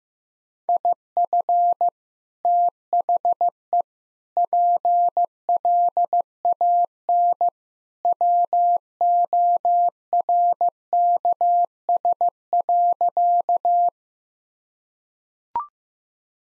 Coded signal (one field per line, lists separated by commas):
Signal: Morse code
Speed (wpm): 15 wpm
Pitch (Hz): 700 Hz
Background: none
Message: IF THE PLAN WORKS.